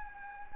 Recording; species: mosquito wingbeat signal from an infrared sensor; Anopheles gambiae